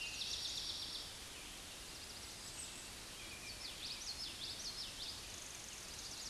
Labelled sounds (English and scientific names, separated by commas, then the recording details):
Common Yellowthroat (Geothlypis trichas) song
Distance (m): 60 m
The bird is about 20 m above the microphone
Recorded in a Pennsylvania forest on 16 May 2024 at 06:41
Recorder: AudioMoth, point MSD-1307
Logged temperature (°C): 16.6 °C
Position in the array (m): 239 m, 174 m